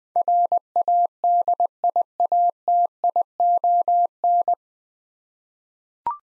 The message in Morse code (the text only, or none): RADIATION